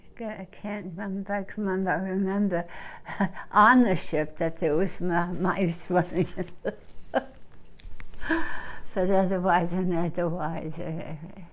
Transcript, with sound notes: I can't remember. On the ship that there was mice running (she laughs) but otherwise and otherwise, uh...